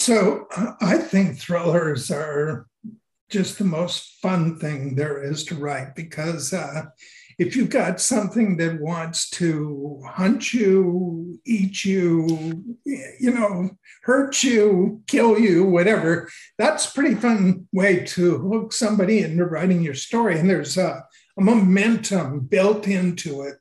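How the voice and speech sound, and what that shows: A man speaks slowly in a somewhat strained, unsteady voice, drawing out many vowels and word endings between short pauses. This fits an essential voice tremor, a neurological shaking of the voice that makes his speech sound like that of a very old man; he has been losing his voice and regards it as a handicap.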